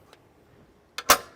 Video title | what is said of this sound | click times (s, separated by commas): etrailer - DIY 2023 Thor Gemini Motorhome Installation for the Saris MHS DUO Bike Rack for 2 Bikes | until it clicks into place now there's going to be two positions for this | 1.0 s